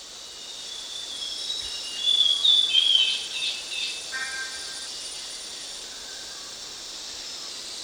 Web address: grey-headed babbler